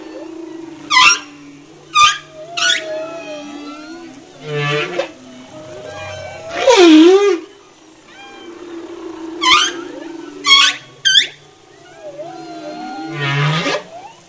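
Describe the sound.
Humpback whale song: sharp upswept squeaks, short grunts and a loud looping moan, in a sequence of varied units with long tones between.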